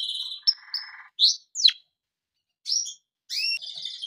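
Canary song fragments: scattered high chirps, a quick downward slur and short buzzy notes separated by silent gaps.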